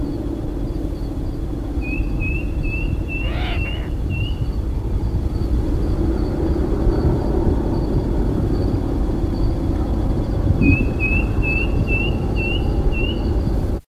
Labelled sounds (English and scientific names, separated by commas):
Masked Gnatcatcher (Polioptila dumicola) song